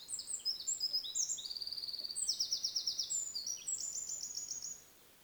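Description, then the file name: Eurasian wren song: a fast, high-pitched outpouring of sharp notes and rattling trills, with rapid pulsed runs in the middle, over faint background hiss. "Troglodytes troglodytes"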